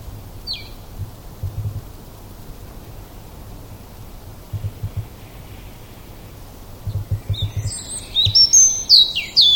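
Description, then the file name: European robin with one thin high note early on, then a fast, sparkling high warble toward the end over low rumbling background noise. "Erithacus rubecula"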